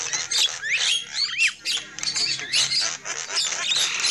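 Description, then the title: Lovebird chatter, loud raspy squawks and looping squeaky whistles overlapping constantly. Lovebird calls used as a lure for trapping birds. "PIKAT BURUNG LOVEBIRD"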